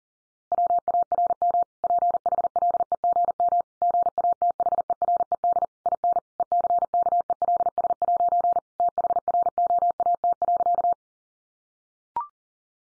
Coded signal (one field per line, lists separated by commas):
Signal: Morse code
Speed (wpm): 40 wpm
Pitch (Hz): 700 Hz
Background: none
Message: WARM PHLEGM GATHERED IN ECKELS' THROAT.